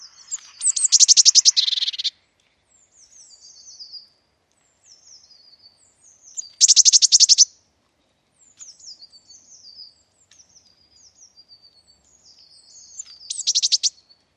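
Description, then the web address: Eurasian blue tit calls: thin, high descending notes broken three times by loud, buzzy churring bursts about a second long, spaced roughly six seconds apart. "cianscape birddata Deverinetal 2025 File origin Bird Only Cy Ca"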